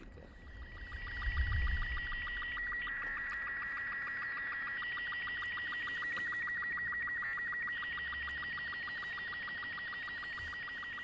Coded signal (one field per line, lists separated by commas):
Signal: SSTV (slow-scan television)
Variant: Robot 36